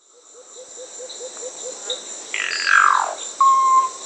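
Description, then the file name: Solitary cacique calls: a quick series of soft low notes, then a harsh descending rasp and a level whistle, with steady high insect trilling throughout. Peru. "Solitary Cacique (Cacicus solitarius), Peru"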